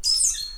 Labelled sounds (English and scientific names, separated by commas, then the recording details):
Stitchbird (Notiomystis cincta) song
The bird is a male
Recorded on Tiritiri Matangi Island, New Zealand, in 2005
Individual 11, of nest box 13